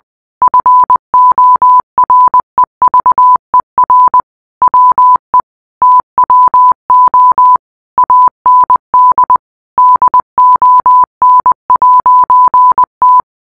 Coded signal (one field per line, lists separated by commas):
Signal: Morse code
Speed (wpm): 20 wpm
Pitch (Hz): 1000 Hz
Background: none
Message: FOREVER WE TWO AND DON'T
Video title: rickroll secret ending in morse code